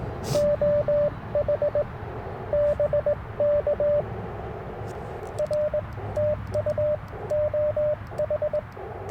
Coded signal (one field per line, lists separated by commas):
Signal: Morse code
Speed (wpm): 20 wpm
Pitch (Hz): 590 Hz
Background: radio noise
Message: OH BK R TU OH